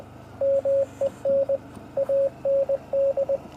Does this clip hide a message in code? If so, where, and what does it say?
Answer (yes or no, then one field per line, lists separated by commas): yes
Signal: Morse code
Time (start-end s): 0.4-3.4 s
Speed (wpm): 20 wpm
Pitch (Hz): 550 Hz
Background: radio noise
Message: MEN AND